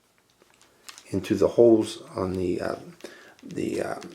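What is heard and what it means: A wing spar is handled at the holes in the foam body of an RC ornithopter eagle while someone talks, with a few faint taps and a sharper tap near 0.9 s. Nothing has seated or clicked yet.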